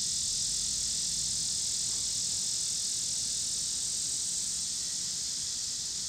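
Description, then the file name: Cicadas in a steady, high, hissing chorus that barely changes throughout, with a faint low rumble underneath. Recorded in Pittsburgh, Pennsylvania, on 26 August 2023, together with passing cars. "2023-08-26 cicadas and cars Pittsburgh PA"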